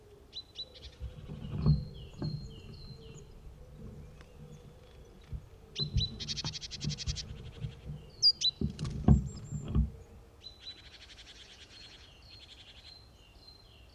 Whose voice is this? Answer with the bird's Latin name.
Parus major